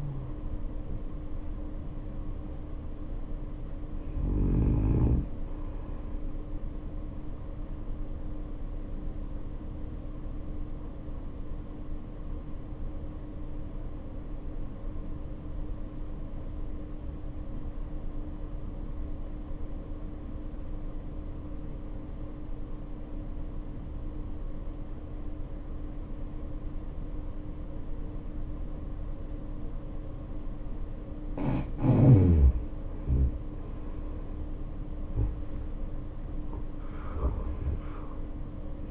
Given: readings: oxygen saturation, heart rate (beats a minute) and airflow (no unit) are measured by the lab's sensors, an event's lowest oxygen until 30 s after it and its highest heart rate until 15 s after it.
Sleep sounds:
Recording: breathing in sleep by a smartphone at the bedside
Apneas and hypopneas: 1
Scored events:
11.00-32.30 s: obstructive apnea (N2, oxygen 95% highest, then 77% lowest, heart rate 56 at the start, 73 highest)
26.00-38.90 s: new sleep stage, N1 (lightest sleep)
From the record:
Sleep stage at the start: N2 (light sleep)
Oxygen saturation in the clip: 79 to 95%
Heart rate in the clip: 56 to 73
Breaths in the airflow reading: 3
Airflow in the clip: -9.3 to 10.4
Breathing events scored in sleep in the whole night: 520 in 7.2 hours asleep

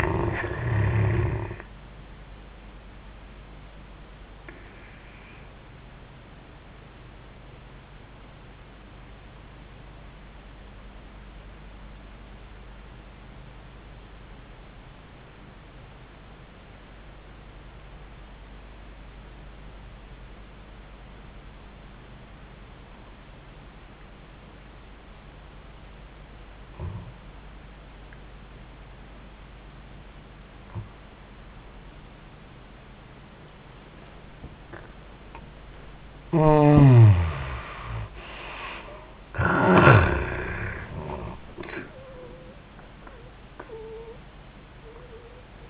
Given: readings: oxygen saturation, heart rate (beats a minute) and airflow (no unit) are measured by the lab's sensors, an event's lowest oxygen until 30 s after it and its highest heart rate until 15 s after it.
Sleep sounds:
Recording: breathing in sleep by a voice recorder at the bedside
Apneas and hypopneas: 1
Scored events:
7.00-34.70 s: obstructive apnea (N1, oxygen 96% highest, then 71% lowest, heart rate 84 at the start, 84 highest)
15.00-45.70 s: new sleep stage, N2 (light sleep)
From the record:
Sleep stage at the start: N1 (lightest sleep)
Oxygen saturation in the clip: 71 to 96%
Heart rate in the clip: 67 to 85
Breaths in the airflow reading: 3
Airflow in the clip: -31.6 to 31.9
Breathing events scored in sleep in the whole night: 400 in 8.7 hours asleep

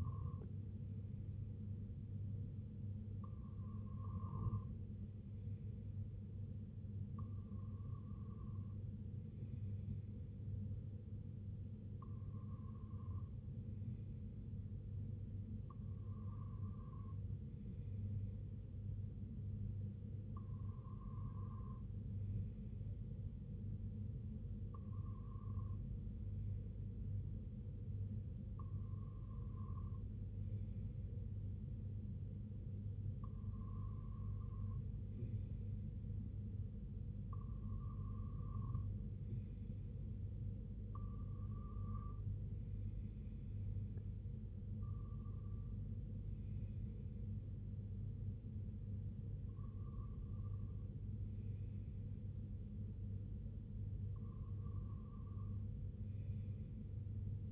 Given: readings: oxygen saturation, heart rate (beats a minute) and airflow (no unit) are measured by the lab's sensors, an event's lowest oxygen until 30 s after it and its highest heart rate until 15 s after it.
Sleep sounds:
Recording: breathing in sleep by a smartphone at the bedside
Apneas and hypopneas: none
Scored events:
none scored
From the record:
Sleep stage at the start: REM sleep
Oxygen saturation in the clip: 94 to 96%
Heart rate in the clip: 65 to 76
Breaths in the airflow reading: 14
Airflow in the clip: -5.8 to 4.0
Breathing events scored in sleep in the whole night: 258 in 7.4 hours asleep

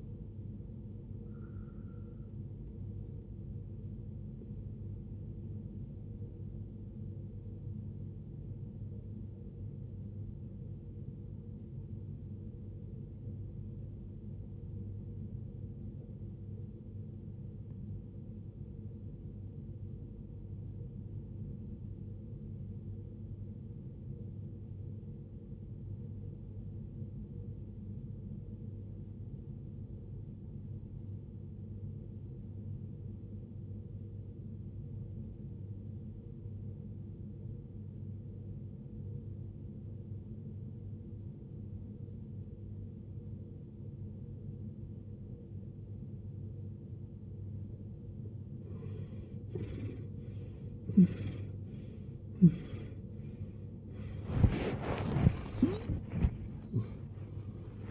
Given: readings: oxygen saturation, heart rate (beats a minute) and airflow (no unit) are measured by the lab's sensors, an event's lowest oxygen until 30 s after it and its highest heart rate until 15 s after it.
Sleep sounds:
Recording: breathing in sleep by a smartphone at the bedside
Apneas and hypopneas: 1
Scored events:
10.00-48.30 s: obstructive apnea (N2, oxygen 94% highest, then 76% lowest, heart rate 55 at the start, 95 highest)
31.00-57.91 s: new sleep stage, N3 (deep sleep)
From the record:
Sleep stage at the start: N2 (light sleep)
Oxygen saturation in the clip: 78 to 94%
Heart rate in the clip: 45 to 72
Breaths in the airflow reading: 6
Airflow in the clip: -22.0 to 21.2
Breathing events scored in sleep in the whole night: 389 in 6.3 hours asleep

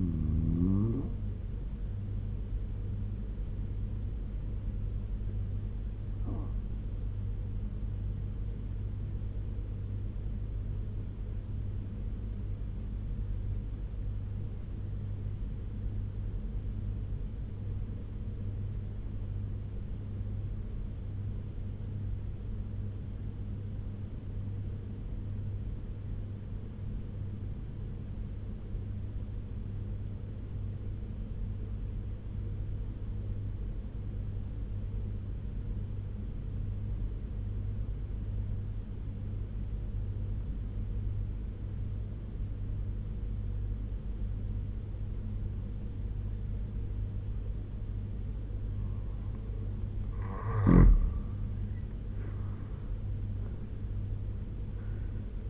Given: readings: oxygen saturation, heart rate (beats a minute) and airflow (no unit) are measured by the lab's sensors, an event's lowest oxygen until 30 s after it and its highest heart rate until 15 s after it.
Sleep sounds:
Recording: breathing in sleep by a smartphone at the bedside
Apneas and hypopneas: 1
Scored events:
14.00-50.90 s: obstructive apnea (N2, oxygen 95% highest, then 82% lowest, heart rate 71 at the start, 87 highest)
From the record:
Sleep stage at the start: N2 (light sleep)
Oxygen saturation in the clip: 85 to 96%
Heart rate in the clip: 70 to 84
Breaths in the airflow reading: 5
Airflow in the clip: -9.2 to 11.0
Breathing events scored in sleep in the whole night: 201 in 6.5 hours asleep

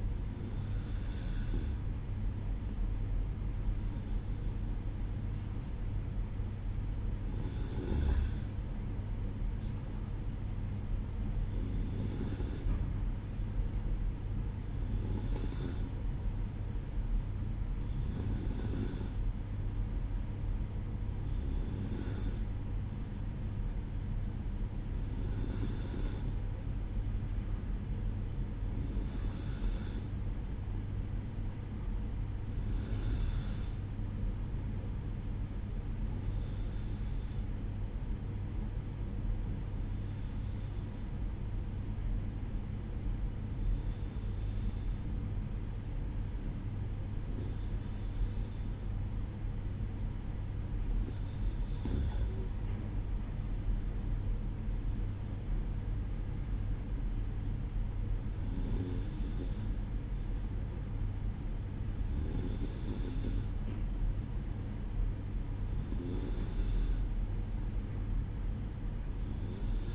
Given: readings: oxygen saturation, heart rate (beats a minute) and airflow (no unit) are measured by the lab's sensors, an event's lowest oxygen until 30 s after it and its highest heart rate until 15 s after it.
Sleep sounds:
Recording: breathing in sleep by a smartphone at the bedside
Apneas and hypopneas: 1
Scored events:
33.00-51.70 s: hypopnea (N2, oxygen 94% highest, then 93% lowest, heart rate 61 at the start, 63 highest)
44.00-69.95 s: new sleep stage, N1 (lightest sleep)
From the record:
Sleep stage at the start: N2 (light sleep)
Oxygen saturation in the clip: 92 to 94%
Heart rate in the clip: 59 to 67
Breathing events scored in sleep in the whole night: 305 in 9.6 hours asleep

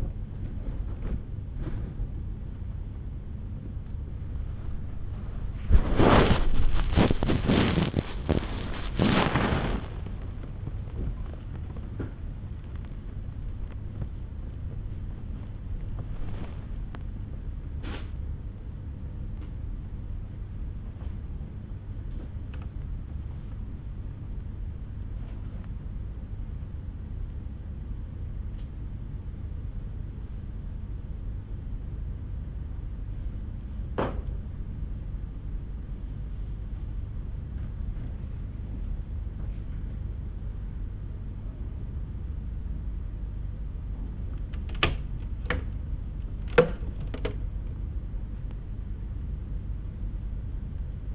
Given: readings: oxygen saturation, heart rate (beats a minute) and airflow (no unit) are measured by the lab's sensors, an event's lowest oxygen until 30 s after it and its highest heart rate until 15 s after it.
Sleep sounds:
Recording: a person awake in a sleep study, by a smartphone at the bedside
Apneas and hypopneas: none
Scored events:
0.00-51.15 s: awake
From the record:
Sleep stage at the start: awake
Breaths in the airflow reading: 16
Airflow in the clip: -0.7 to 0.9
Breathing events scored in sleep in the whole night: 368 in 8.0 hours asleep

